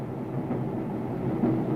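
A steady, even rumble of a moving refugee train carrying Armenians back to Baku, wheels on rails, low and droning with a faint tonal hum riding on top, holding at the same moderate loudness throughout without any voices.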